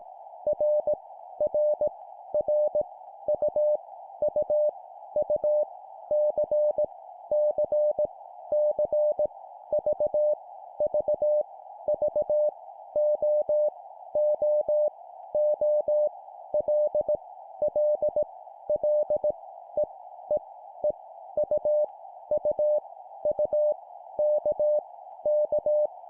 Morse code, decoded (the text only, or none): R R R U U U C C C V V V O O O L L L E E E U U U K K